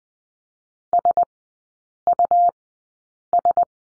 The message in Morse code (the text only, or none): SUS